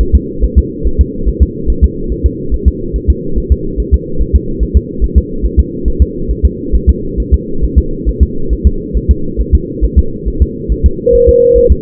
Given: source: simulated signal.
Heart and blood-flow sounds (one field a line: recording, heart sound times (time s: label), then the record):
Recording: fetal heart sounds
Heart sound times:
0.01 s: S1
0.15 s: S2
0.44 s: S1
0.58 s: S2
0.87 s: S1
1.01 s: S2
1.29 s: S1
1.43 s: S2
1.70 s: S1
1.84 s: S2
2.12 s: S1
2.26 s: S2
2.54 s: S1
2.68 s: S2
2.96 s: S1
3.10 s: S2
3.38 s: S1
3.52 s: S2
3.80 s: S1
3.94 s: S2
4.22 s: S1
4.36 s: S2
4.63 s: S1
4.77 s: S2
5.04 s: S1
5.18 s: S2
5.45 s: S1
5.59 s: S2
5.88 s: S1
6.02 s: S2
6.31 s: S1
6.45 s: S2
6.75 s: S1
6.89 s: S2
7.20 s: S1
7.34 s: S2
7.64 s: S1
7.78 s: S2
8.09 s: S1
8.23 s: S2
8.53 s: S1
8.67 s: S2
8.97 s: S1
9.11 s: S2
9.41 s: S1
9.55 s: S2
9.84 s: S1
9.98 s: S2
10.28 s: S1
10.42 s: S2
10.72 s: S1
10.86 s: S2
11.15 s: S1
11.29 s: S2
11.58 s: S1
11.72 s: S2
From the record:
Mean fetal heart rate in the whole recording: 140 bpm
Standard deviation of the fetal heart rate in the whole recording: 2 bpm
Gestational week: 34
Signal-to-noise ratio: -8.1 dB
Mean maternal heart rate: 72 bpm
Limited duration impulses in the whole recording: present